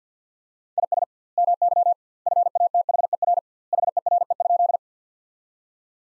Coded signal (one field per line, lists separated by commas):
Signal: Morse code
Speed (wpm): 50 wpm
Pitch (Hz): 700 Hz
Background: none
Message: IS MY FATHER HERE?